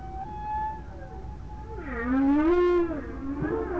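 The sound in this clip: Whale moans, long tonal calls that dip and rise with rich harmonics, swelling loudest in the second half, over a constant low rumble.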